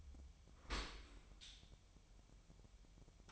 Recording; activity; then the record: daily activity, microphone in the room; open dishwasher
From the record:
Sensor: 1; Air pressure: 1006.7 hPa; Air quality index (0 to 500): 209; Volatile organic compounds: 24 ppm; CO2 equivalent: 2810 ppm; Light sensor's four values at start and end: 13/33/13/14 and 13/33/13/14